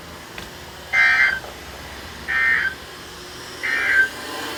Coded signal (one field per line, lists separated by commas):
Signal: Emergency Alert System (SAME) tones